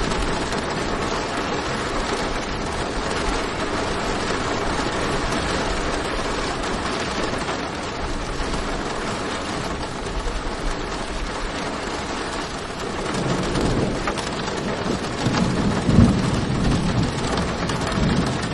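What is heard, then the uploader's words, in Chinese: Heavy rain pounds steadily on an attic skylight, a dense, unbroken hiss and patter filling the whole clip. From about thirteen seconds a low, distant rumble of thunder swells beneath the downpour and lingers to the end, making it slightly louder. 阁楼顶窗倾盆大雨敲击声和远处雷声。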